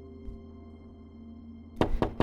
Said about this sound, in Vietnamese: Bỗng dưng bên ngoài vang lên tiếng gõ cửa. Trí nghiêng đầu nhìn. Tiếng gõ cửa lại một lần nữa vang lên.